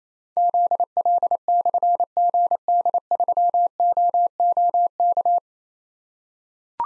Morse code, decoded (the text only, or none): ZL/GD3OOK